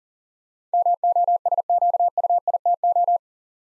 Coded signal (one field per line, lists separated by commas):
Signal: Morse code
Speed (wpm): 39 wpm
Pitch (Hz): 700 Hz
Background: none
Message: MOSQUITO